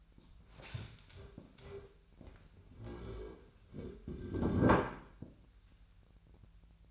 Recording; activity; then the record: daily activity, microphone in the room; stand up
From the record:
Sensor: 2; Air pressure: 1001.6 hPa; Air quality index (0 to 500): 242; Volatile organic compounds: 76 ppm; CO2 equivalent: 3572 ppm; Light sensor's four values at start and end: 11/27/11/12 and 10/24/10/11